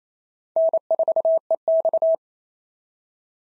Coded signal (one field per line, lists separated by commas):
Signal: Morse code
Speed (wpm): 30 wpm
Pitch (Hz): 650 Hz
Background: none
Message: N4EX